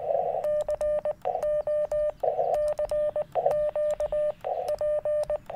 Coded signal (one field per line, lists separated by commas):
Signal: Morse code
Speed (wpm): 19 wpm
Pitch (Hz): 600 Hz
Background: none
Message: CO CQ P